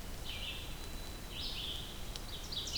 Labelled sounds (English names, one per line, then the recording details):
Ovenbird song
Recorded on 2 June 2016 at 07:53
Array SBT-3-7